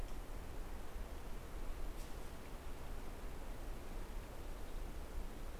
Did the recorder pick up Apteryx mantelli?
no